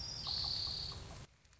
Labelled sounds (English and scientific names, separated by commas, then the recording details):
Orange-crowned Warbler (Leiothlypis celata)
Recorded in Sonoma County, California